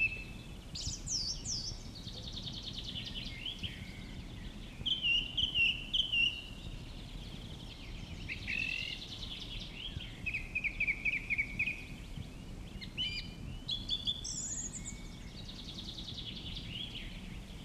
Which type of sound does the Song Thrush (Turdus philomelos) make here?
song